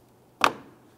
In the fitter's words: I got a click there.